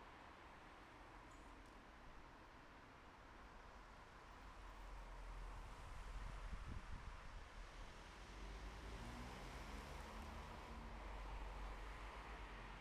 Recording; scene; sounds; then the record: everyday scene through a hearing-aid microphone; in traffic; traffic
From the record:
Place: bus stop on a city main road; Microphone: behind the ear, left, front